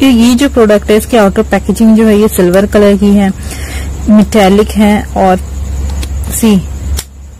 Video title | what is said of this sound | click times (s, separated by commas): Non-Indian Buy or Not?? - Me-On Oil Control Concealer Base Stick - For begginers | अच्छे से lock हो जाता है | 7.0 s